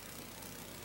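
Springs taken off the old part are being fitted onto the positioning pins of a new part for a Passap knitting machine selection unit, being repaired for selection error 103. Only a steady low hum is heard through the clip, with no distinct sudden sounds. Nothing has seated or snapped into place yet.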